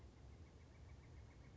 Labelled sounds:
Pileated Woodpecker (Dryocopus pileatus)
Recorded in Sonoma County, California

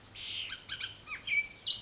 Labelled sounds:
Bullock's Oriole (Icterus bullockii)
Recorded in Sonoma County, California

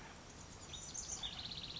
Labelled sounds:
House Wren (Troglodytes aedon)
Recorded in Sonoma County, California

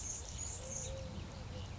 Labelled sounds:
Eurasian Collared Dove (Streptopelia decaocto)
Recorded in Sonoma County, California

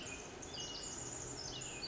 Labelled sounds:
Pacific Wren (Troglodytes pacificus)
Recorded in Sonoma County, California

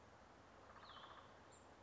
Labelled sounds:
Cassin's Vireo (Vireo cassinii)
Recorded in Sonoma County, California

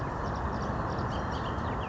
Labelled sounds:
Bullock's Oriole (Icterus bullockii)
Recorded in Sonoma County, California

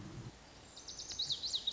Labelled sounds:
Lazuli Bunting (Passerina amoena)
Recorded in Sonoma County, California

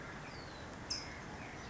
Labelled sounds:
California Towhee (Melozone crissalis)
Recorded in Sonoma County, California

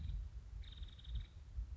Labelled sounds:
Nuttall's Woodpecker (Dryobates nuttallii)
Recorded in Sonoma County, California

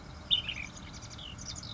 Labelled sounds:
Ash-throated Flycatcher (Myiarchus cinerascens)
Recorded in Sonoma County, California

